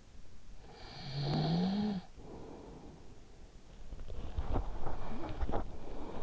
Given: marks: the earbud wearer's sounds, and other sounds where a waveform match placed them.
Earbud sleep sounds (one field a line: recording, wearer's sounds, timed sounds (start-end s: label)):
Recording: sounds in sleep by an in-ear microphone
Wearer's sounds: snoring breath, teeth grinding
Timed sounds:
0.42-3.48 s: snoring breath
4.25-5.74 s: teeth grinding